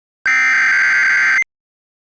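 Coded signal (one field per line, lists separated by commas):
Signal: Emergency Alert System (SAME) tones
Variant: header bursts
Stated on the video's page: Mock (simulated) Severe Thunderstorm Warning alert, made as a collaboration.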